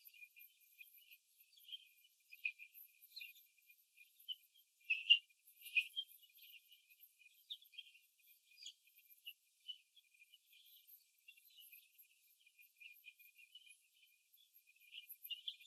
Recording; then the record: young laying hens in a cage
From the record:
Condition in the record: before the stressor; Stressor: simulated dog barking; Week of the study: 2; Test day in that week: 3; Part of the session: 4